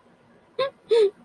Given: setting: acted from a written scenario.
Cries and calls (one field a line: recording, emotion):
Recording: vocal sound without words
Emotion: sadness